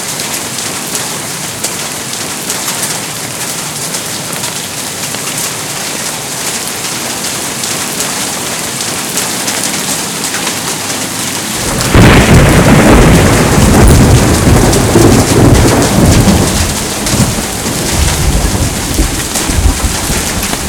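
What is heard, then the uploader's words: Rain falls in a steady, dense hiss with a bright crackle of drops through the first half. Around twelve seconds a loud roll of thunder breaks in, deep and rumbling, swelling the sound and fading slowly over the next several seconds beneath the rain. Rain (With Heavy Thunder) || 3D Surround Sound.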